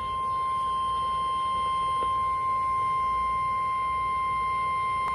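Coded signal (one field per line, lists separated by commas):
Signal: Emergency Alert System (SAME) tones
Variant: 1050 Hz attention tone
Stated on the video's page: Severe thunderstorm warning on a NOAA weather radio station.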